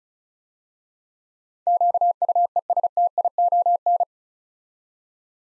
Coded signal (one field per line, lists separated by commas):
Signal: Morse code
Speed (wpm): 36 wpm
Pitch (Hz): 700 Hz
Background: none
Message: QUESTION